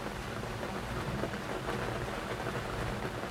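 Light drizzle patters steadily, a soft, continuous hiss of small raindrops falling on a surface, with no voices and no clear individual drops standing out.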